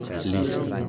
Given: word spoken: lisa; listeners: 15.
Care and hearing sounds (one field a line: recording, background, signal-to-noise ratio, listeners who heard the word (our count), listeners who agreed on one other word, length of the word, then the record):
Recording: one Spanish word in noise, from a listening test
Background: eight-talker babble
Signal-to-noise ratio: -1.2 dB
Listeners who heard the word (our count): 0 of 15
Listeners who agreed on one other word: 9 of 15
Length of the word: 0.49 s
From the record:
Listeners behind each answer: 9, 4, 1, 1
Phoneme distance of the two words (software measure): 7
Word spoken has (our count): 2 syllables, 4 phonemes, stress on syllable 1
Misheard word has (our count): 2 syllables, 5 phonemes, stress on syllable 1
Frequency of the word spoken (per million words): 7.76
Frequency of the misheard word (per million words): 85.60